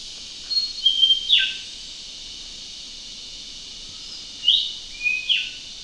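Yellow-throated leafbird calling with clipped high whistles and sharp down-slurred notes in two short clusters, a steady shrill insect-like hiss behind.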